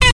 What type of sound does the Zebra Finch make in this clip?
stack call